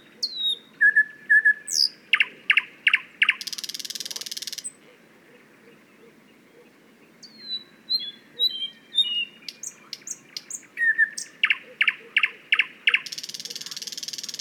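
Thrush nightingale song: varied phrases of sharp whistles, repeated hard clicking notes and a dry buzzing rattle, separated by short pauses.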